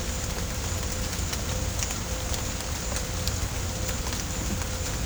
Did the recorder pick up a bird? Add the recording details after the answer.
no. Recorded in pastures near Puerto Asís, Putumayo, Colombia, on 18 December 2024 at 16:00. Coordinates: 0.502, -76.324. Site G077